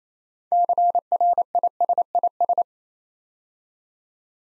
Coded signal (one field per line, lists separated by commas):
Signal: Morse code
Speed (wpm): 28 wpm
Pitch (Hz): 700 Hz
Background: none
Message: CRISIS